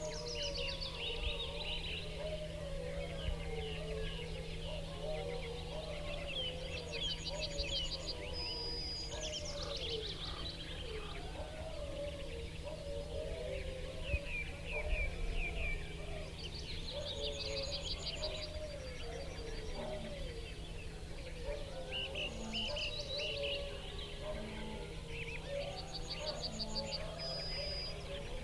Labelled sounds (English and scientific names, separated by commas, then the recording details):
Willow Warbler (Phylloscopus trochilus) song
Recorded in the wild
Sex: male
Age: adult
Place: Schönow, Naturpark Barnim, Brandenburg, DE
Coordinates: 52.6939, 13.5044
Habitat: wood
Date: 2005-05-01
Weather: clear, 10°C, no wind
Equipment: Edirol R-4, Sennheiser MKH 70, Windschutz
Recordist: Frommolt, Karl-Heinz